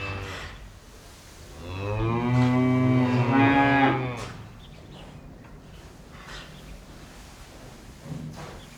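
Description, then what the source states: Cattle moo: a single sustained, strongly harmonic bellow lasting about two seconds, followed by quieter background rustling and a faint low call near the end. Inside a cow barn.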